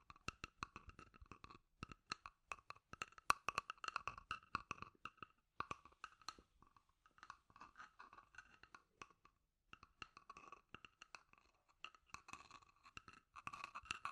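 Scratchy tapping in rapid, uneven bursts of sharp clicks and scrapes, with brief pauses around five, seven and ten seconds.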